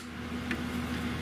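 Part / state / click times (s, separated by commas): sheath fluid tubing into flow cytometer quick-connect fitting / seated / 0.5 s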